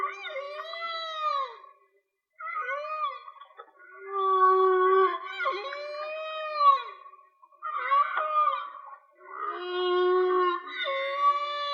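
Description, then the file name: Whale song of rich, layered harmonic moans, some bending up and down, delivered in several long phrases with short breaks. Linked to a whale and dolphin watching page; mono. "Whale Song-colin"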